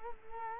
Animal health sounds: mosquito wingbeat signal from an infrared sensor; Culex quinquefasciatus

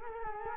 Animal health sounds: mosquito wingbeat signal from an infrared sensor; Culex quinquefasciatus

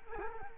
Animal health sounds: mosquito wingbeat signal from an infrared sensor; Culex quinquefasciatus

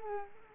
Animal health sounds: mosquito wingbeat signal from an infrared sensor; Culex quinquefasciatus

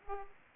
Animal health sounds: mosquito wingbeat signal from an infrared sensor; Aedes aegypti

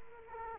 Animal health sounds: mosquito wingbeat signal from an infrared sensor; Culex quinquefasciatus

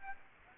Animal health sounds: mosquito wingbeat signal from an infrared sensor; Aedes aegypti

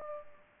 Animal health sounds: mosquito wingbeat signal from an infrared sensor; Culex pipiens

